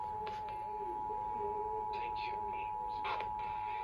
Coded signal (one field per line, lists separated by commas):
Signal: Emergency Alert System (SAME) tones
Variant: 853 and 960 Hz attention tone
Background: speech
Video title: TEXAS REQUIRED MONTHLY TEST (RMT) (REAL EAS#1917-1920)